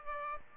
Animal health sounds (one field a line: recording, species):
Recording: mosquito wingbeat signal from an infrared sensor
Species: Aedes aegypti